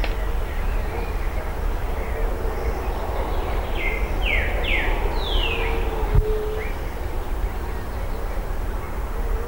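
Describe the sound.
Bird calls: four downward-sliding whistles in quick succession midway, with a few faint chirps over a steady low rumble.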